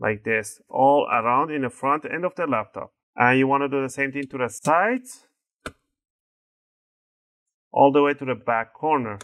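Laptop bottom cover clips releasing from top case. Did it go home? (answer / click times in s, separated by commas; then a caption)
released / 5.7 s. On a Lenovo IdeaPad Y700 17ISK 80Q0 opened for a battery replacement, a pry tool is twisted in the seam between the top case and the plastic bottom cover to free the snap clips while someone talks. A single sharp click at 5.7 s marks a bottom cover clip popping loose from the top case, followed by a quiet stretch before the talking resumes.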